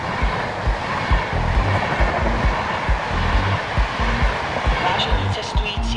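A train rumbles steadily along the rails, with a dense low roar and repeated rhythmic thumps and clacks from the wheels running throughout.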